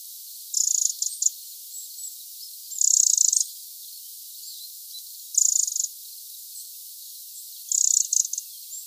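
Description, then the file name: Eurasian wren rattling: four dry, buzzy, high trills, each about half a second long and spaced two to three seconds apart, with faint chips between. "Troglodytes troglodytes"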